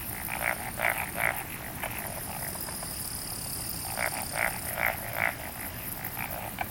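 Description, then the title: Frogs croaking, a burst of three loud pulsed croaks at the start and four more after a quieter gap, over a soft background chorus and faint hiss. "Summer Japan, Hokkaido. Night Paddy's frogs. 夜の水田のカエル"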